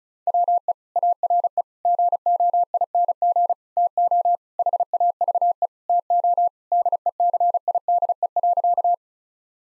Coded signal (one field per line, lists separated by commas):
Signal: Morse code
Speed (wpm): 34 wpm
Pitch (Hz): 700 Hz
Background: none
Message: WE ARE GOING TO HAVE TO DECIDE.